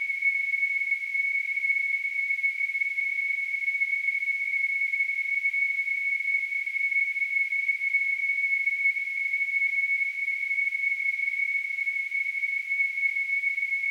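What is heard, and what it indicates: A steady, high-pitched whistle-like tone near 2 kHz rings without a break for about 14 seconds, over a faint hiss. This is a simulation of tinnitus, the constant ringing a person hears in the ears when no outside sound is present.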